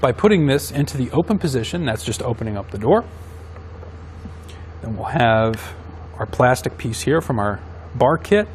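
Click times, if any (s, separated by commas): none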